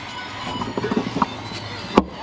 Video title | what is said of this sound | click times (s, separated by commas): M156 Coil pack replacement (CLS63/C63/ML63/E63/S63) AMG Mercedes | and make sure you hear it kind of clip into place. | 2.0 s